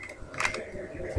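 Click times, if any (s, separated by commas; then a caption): 0.4 s, 0.5 s. The cocking handle of a spring airsoft gun is pulled back until the spring mechanism catches, giving sharp clicks at 0.4 and 0.45 seconds. A loud low thump closes the clip. The gun ends up cocked, with the mechanism caught.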